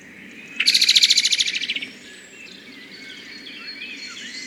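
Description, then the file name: Common blackbird rattling chatter, a rapid run of many harsh clipped notes lasting just over a second, then quieter background bird calls. "Turdus merula 131108"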